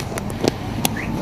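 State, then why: Seated. During a road-safety check, a seat belt buckle is pushed into its latch on a child car seat while a child is secured in a car. Lighter clicks and knocks come at about 0.2, 0.3 and 0.5 s over a low background hum. The buckle then clicks shut with a sharp, loud click at 0.9 s and is seated.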